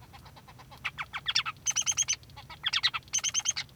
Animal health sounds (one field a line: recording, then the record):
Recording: song of a male Bengalese finch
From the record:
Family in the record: son of father 3